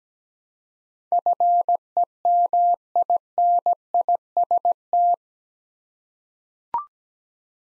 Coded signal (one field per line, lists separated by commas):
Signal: Morse code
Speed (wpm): 17 wpm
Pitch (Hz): 700 Hz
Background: none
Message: FEMINIST